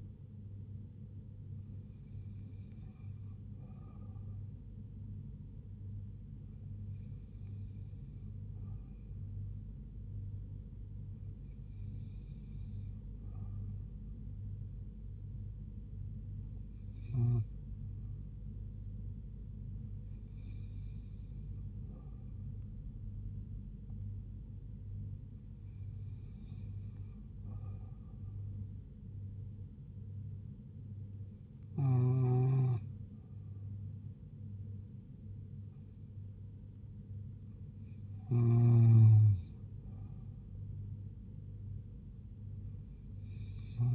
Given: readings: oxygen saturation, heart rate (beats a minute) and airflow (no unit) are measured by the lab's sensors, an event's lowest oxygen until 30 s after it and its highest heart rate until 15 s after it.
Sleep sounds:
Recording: breathing in sleep by a smartphone at the bedside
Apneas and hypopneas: none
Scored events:
29.00-43.95 s: new sleep stage, N2 (light sleep)
From the record:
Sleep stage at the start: N1 (lightest sleep)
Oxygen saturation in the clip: 87 to 89%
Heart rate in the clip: 73 to 77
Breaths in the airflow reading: 9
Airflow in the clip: -3.1 to 2.2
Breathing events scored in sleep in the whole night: 158 in 7.3 hours asleep

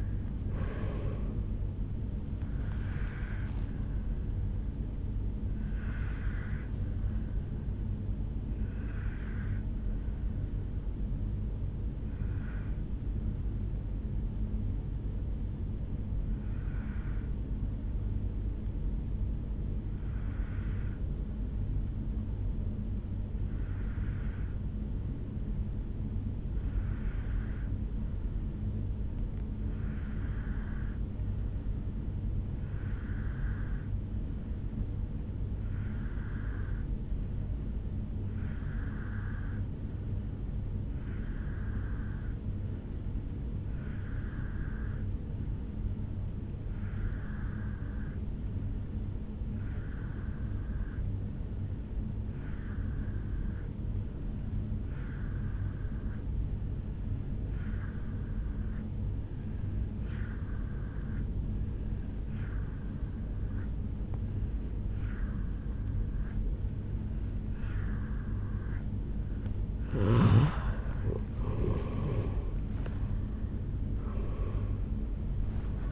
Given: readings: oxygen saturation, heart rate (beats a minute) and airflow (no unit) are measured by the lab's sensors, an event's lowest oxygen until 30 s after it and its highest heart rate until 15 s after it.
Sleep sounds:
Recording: breathing in sleep by a smartphone at the bedside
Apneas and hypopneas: 1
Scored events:
14.00-69.30 s: obstructive apnea (N1, oxygen 97% highest, then 86% lowest, heart rate 55 at the start, 77 highest)
15.00-75.92 s: new sleep stage, N2 (light sleep)
From the record:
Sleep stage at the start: N1 (lightest sleep)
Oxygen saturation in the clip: 86 to 97%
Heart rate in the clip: 55 to 78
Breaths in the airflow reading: 4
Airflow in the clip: -9.0 to 9.9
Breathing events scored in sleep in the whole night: 449 in 7.0 hours asleep

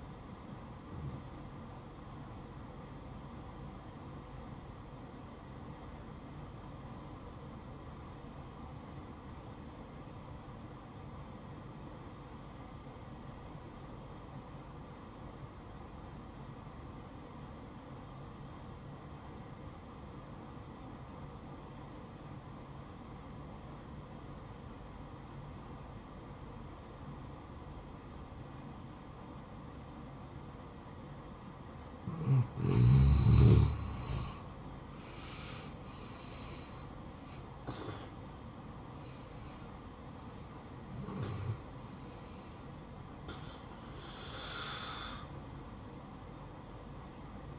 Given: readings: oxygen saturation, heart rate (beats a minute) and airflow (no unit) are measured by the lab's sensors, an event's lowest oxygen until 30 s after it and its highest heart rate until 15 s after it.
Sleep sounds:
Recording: breathing in sleep by a smartphone at the bedside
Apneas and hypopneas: 1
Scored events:
3.00-34.60 s: obstructive apnea (N1, oxygen 96% highest, then 84% lowest, heart rate 62 at the start, 71 highest)
From the record:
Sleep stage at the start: N1 (lightest sleep)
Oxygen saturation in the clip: 85 to 96%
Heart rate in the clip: 60 to 71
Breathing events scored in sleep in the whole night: 573 in 9.8 hours asleep

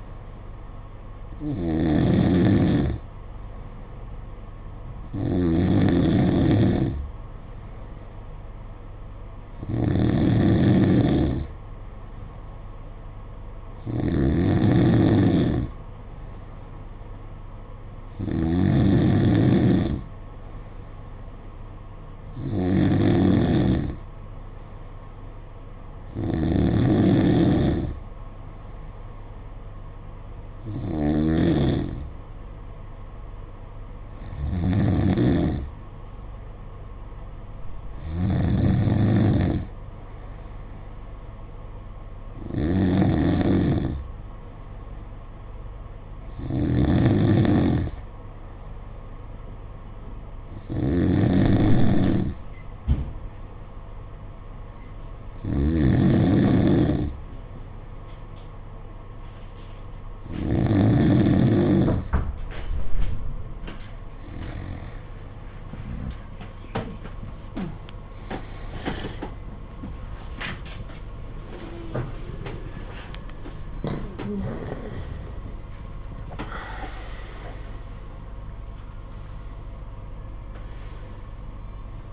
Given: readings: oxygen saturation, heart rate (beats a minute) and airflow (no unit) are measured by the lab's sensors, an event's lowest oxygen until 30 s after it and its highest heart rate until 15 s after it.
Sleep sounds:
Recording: breathing in sleep by a smartphone at the bedside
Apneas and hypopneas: none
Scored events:
34.00-82.13 s: new sleep stage, N2 (light sleep)
From the record:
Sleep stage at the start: N3 (deep sleep)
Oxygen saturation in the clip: 93 to 95%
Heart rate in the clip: 54 to 59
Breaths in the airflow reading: 15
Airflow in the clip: -5.0 to 4.2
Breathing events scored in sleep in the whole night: 476 in 9.7 hours asleep

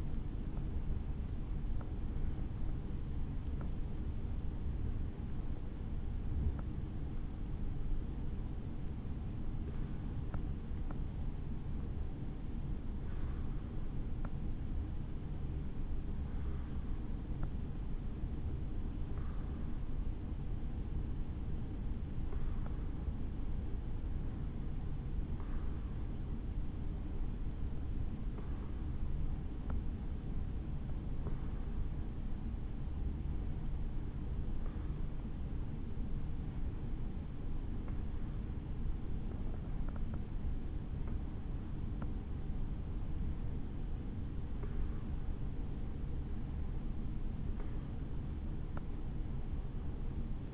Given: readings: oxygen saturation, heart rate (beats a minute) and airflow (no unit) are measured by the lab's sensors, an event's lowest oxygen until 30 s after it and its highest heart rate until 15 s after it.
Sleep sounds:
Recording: breathing in sleep by a smartphone at the bedside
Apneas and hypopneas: 1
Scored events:
4.00-43.00 s: hypopnea (N1, oxygen 97% highest, then 96% lowest, heart rate 60 at the start, 63 highest)
From the record:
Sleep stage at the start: N1 (lightest sleep)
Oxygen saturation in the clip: 95 to 97%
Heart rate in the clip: 57 to 61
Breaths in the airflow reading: 16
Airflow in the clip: -6.1 to 6.3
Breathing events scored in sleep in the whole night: 216 in 7.0 hours asleep

